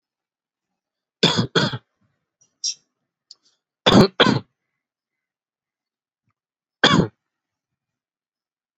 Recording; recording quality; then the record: shallow voluntary cough; excellent, no background noise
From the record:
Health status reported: COVID-19 positive, mild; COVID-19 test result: positive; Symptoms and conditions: none ticked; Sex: male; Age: 30 years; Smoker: not ticked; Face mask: worn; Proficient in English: yes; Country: India